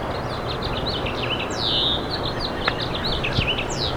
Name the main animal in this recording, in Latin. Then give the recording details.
Haemorhous mexicanus. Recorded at East Quogue on Long Island, New York, on 29 May 2013. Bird C